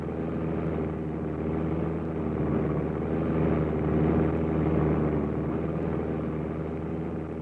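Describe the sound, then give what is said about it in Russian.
A steady, droning engine rumble of a descending aircraft holds at an even loudness throughout, with a low hum and faint tonal whine layered over it and no voices. “Самолет шел на снижение.”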